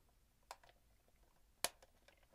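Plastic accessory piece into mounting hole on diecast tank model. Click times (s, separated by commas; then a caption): 1.6 s. A small plastic accessory is pressed into a mounting hole on a 1:32 Forces of Valor Tiger I diecast tank model and wiggled to get it to click. A faint tick comes at 0.5 s, then a sharp, bright click at 1.6 s as the piece seats in place, followed by a few soft ticks from handling.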